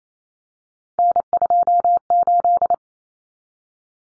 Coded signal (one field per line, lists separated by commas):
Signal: Morse code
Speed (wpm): 28 wpm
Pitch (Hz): 700 Hz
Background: none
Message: N28